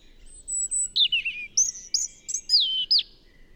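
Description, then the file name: European robin delivering a varied phrase of sweet slurred whistles, sharp high notes and liquid downward slides, crisp and clear against a quiet background. "Erithacus rubecula"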